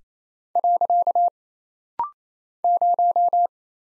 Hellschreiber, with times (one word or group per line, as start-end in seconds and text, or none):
none